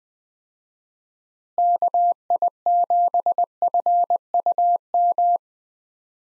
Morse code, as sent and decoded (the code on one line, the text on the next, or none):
-.- .. --... ..-. ..- --
KI7FUM